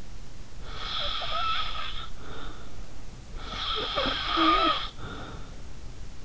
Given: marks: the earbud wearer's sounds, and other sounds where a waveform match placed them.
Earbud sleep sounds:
sounds in sleep by an in-ear microphone; snoring breath
0.68-2.81 s: snoring breath
3.38-5.49 s: snoring breath

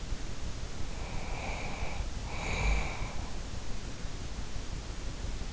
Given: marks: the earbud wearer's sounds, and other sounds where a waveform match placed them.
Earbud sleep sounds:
sounds in sleep by an in-ear microphone; breath
0.86-3.40 s: breath

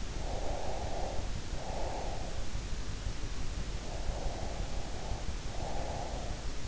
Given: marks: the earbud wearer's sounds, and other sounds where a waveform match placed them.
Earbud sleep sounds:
sounds in sleep by an in-ear microphone; breath
0.22-2.55 s: breath
3.84-6.53 s: breath

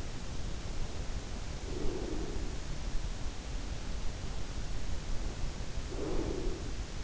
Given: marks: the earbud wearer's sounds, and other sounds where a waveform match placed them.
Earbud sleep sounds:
sounds in sleep by an in-ear microphone; breath
1.52-2.78 s: breath
5.53-6.89 s: breath

